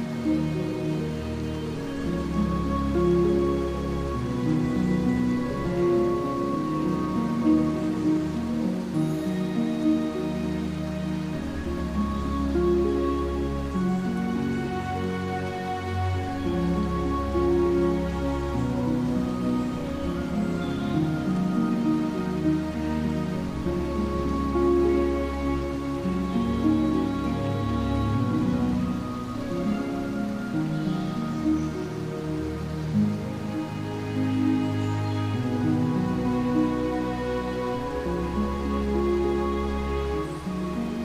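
Soft, dreamy Celtic music plays steadily, with sustained low tones and a slow, gentle melody drifting through the mid range. A light, continuous patter of water droplets runs underneath the whole time, and the level stays even throughout.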